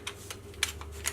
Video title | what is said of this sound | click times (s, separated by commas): Bat Symbol | couldn't print your own Batman simple to make this fit you literally clicks in place and | 0.6 s